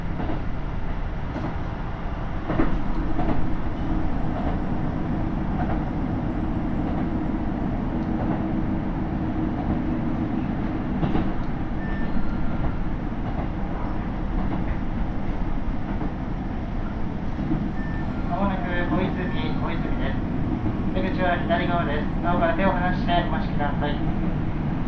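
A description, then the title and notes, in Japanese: Riding a KiHa 75 diesel railcar on the Taita Line, a deep, steady engine and wheel rumble fills the whole clip at an even level. Occasional sharp clicks and knocks come through, and a voice speaks briefly near the end. 耳で楽しむ鉄道旅 太多線 美濃太田→多治見キハ75。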